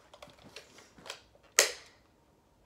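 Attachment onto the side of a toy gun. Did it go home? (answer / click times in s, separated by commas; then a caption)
yes / 1.6 s. An attachment is fitted onto the side of a toy gun, with light plastic tapping and fiddling sounds from the start. A sharp, loud click sounds at 1.6 s as the attachment seats in place, and a short faint knock follows at 2.7 s.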